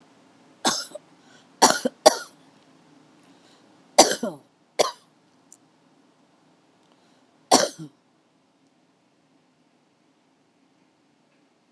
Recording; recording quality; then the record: heavy voluntary cough; excellent, no background noise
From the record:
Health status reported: COVID-19 positive, mild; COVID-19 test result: positive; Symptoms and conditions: cough, cold, fever, muscle pain, hypertension, diabetes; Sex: female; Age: 49 years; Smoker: not ticked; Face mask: not worn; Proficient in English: yes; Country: India